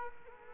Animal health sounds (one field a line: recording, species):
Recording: mosquito wingbeat signal from an infrared sensor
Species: Culex quinquefasciatus